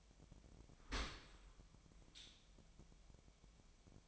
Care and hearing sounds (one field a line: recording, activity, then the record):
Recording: daily activity, microphone in the room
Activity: open dishwasher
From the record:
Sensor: 1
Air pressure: 1006.7 hPa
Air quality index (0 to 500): 208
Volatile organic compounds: 24 ppm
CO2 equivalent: 2808 ppm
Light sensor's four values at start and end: 12/31/12/14 and 12/31/12/14